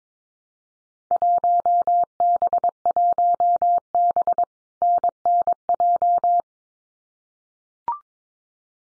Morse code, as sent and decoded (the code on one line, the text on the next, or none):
.---- -... .---- -... / -. -. .---
1B1B NNJ